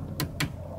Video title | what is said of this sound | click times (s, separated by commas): How to Install a Bling License Plate Frame from www.SassyAutoFrames.com | you're going to want to pop your bling caps on top and then won't be secure unless you hear that snap | 0.2 s, 0.4 s